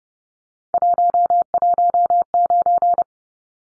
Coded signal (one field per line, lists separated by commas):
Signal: Morse code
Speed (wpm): 30 wpm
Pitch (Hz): 700 Hz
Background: none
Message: 119